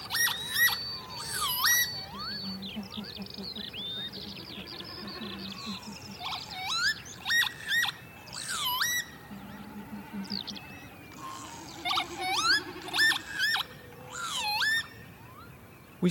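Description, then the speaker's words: Northern lapwing display calls: repeated wheezy 'pee-wit' phrases that rise then drop, in several bursts, with a low pulsing sound underneath. Displaying birds heard in early morning in an upland habitat known locally as Peasweepland. "early morning is also the best time to hear displaying lapwing."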